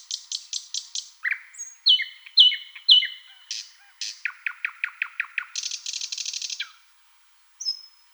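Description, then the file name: Thrush nightingale song: quick clicking notes, loud descending whistles, a series of dropping chirps and a buzzy rattle, then one clear high whistle. "solovey obyknovennyy golos"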